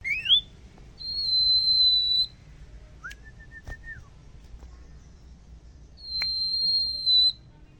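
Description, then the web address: Bird song of clear whistles: a quick rising slur, a long level high whistle, a short pulsed lower whistle, then another long level high note, over faint low background hum. "tony kicau"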